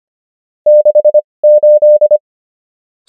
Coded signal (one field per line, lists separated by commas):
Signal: Morse code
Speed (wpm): 25 wpm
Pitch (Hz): 600 Hz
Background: none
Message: 68